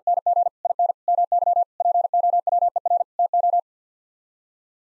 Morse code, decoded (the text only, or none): NG IN MY POWER TO